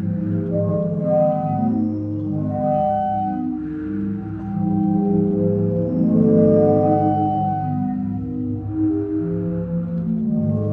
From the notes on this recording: Die Meeresorgel in Zadar